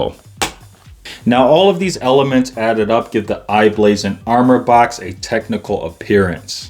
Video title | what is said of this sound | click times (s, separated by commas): •Samsung Galaxy S23 Plus iBlason Armbox - Unbox, Demo, Review, Rating & Controller Fitment Test! | It eventually starts to fold flat and then it locks into place with a click as well. | 0.4 s